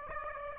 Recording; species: mosquito wingbeat signal from an infrared sensor; Aedes aegypti